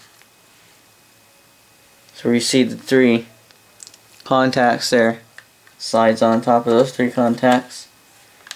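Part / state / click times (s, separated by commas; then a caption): rechargeable battery into portable radio battery compartment / not seated / none. A rechargeable lithium-ion battery is slid onto the three contacts in the battery compartment of a Tecsun PL-330 portable radio while someone talks. A few faint ticks and light handling noises come between phrases, with a short sharp tap at the very end. Nothing has seated or clicked into place yet.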